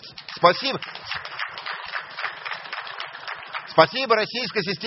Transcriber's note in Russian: аплодисменты